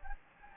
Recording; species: mosquito wingbeat signal from an infrared sensor; Anopheles gambiae